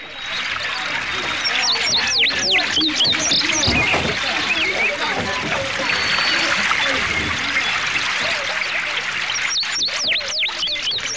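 A dense chorus of many birds flying in the sky, chirping and tweeting, with rapid high-pitched sweeping calls overlapping continuously at a steady, fairly loud level for the whole stretch.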